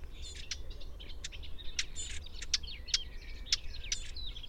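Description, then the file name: Eurasian blackcap calls: hard, sharp clicking notes repeated irregularly over busy background twittering. "Sylvia atricapilla"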